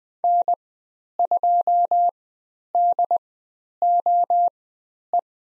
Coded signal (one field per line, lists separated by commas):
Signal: Morse code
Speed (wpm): 20 wpm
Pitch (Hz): 700 Hz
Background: none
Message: N2DOE